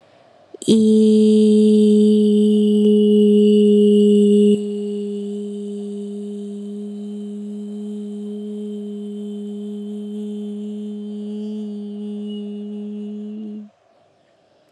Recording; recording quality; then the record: sustained vowel as in beet; excellent, no background noise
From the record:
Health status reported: COVID-19 positive, no symptoms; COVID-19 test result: positive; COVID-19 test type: RT-PCR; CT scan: not taken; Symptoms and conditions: none ticked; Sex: female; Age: 22 years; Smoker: no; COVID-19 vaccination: both doses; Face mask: not worn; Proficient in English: yes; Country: India